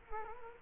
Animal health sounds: mosquito wingbeat signal from an infrared sensor; Culex quinquefasciatus

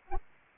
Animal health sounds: mosquito wingbeat signal from an infrared sensor; Anopheles arabiensis

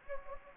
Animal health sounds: mosquito wingbeat signal from an infrared sensor; Anopheles gambiae

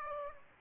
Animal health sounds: mosquito wingbeat signal from an infrared sensor; Aedes aegypti

